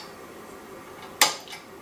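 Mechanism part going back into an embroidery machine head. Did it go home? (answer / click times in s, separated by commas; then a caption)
yes / 1.2 s. While fixing a jam on a Melco Bravo commercial embroidery machine, a metal mechanism part is pushed back into position in the machine head. A single sharp metallic click lands at 1.2 s over a low steady background hum and quickly fades. The part is seated back in place.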